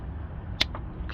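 An oil-carrying fitting on a Range Rover 3.0 engine, fitted with a new O-ring, is pushed back into its housing. One sharp, loud click at 0.6 s shows it seated, and two softer taps follow at about 0.8 and 1.1 s. The fitting is sealed back in place so it won't leak or spray oil.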